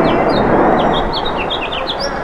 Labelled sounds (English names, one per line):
House Finch song